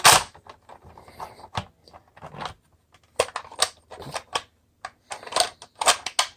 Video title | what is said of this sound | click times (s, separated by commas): Bossgunny Reviews Cyberverse Optimus Primes | just simply push them back in until they click every | 3.2 s, 6.2 s